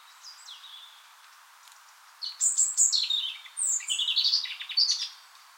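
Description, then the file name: European robin song: soft high notes at first, then two rich phrases of quick twittering trills and bright whistles, separated by a brief pause. "Erithacus rubecula"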